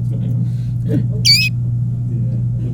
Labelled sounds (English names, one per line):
Domestic Canary song